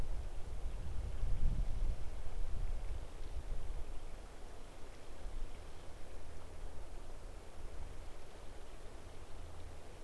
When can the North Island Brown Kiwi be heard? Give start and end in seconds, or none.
none